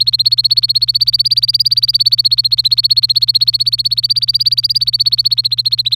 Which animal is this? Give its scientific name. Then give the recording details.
Serinus canaria. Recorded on 26 April 2018 at 16:33. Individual llb3